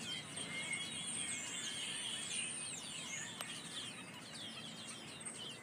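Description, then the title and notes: Birds: bird chorus of quick high chirps and thin whistles, tumbling over one another several times a second, with a steady low rumble underneath. Birds chattering in December sunshine after rain. "Minute Escapes: Birds After the Rain. The December sunshine warming up your skin, the chitter-chatter of the ecstatic birds"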